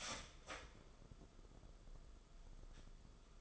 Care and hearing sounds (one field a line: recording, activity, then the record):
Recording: daily activity, microphone in the room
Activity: start toaster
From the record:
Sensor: 5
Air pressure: 994.6 hPa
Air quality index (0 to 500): 185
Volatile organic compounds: 1000 ppm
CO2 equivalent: 5432 ppm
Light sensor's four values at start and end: 32/104/39/41 and 32/104/39/41